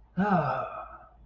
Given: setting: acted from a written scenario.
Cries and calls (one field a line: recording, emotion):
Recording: vocal sound without words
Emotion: pride